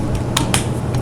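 The two spring buttons on the adjustable handle of a Badger Basket 09960 Three Wheel Doll Jogging Stroller are pushed in, the handle is raised, and the buttons are released. Two sharp clicks at 0.4 s and 0.5 s mark the buttons snapping into the adjustment holes over a steady low background hum. The handle is seated and held in place at its new height.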